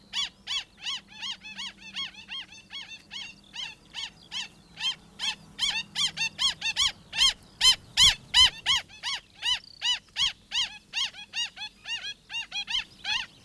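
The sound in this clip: Black stilt giving a long run of sharp, yelping notes, rapidly repeated, growing louder midway then easing off.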